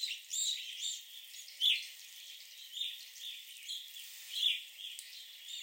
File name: Evening Grosbeaks at the Sax-Zim Bog Visitor Center